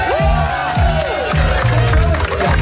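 A pub crowd applauds and cheers a guest being welcomed on a Radio 538 broadcast, in a loud, dense wash of clapping and shouts, while a steady thumping beat of music pulses underneath.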